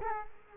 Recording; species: mosquito wingbeat signal from an infrared sensor; Culex quinquefasciatus